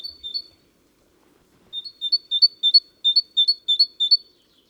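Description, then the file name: Great tit song: a brief see-saw fragment, a pause, then a steady run of several clear two-note phrases, rhythmic and evenly spaced. "Parus major"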